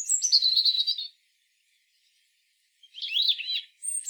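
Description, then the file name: European robin song: a warbling phrase, a pause of nearly two seconds, then a twisting run of high liquid notes and a thin whistle. "Erithacus rubecula"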